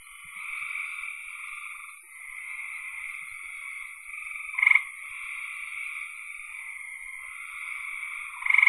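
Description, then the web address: Frogs giving long, continuous trilling calls, with louder short bursts near the middle and at the end. "cn frogs"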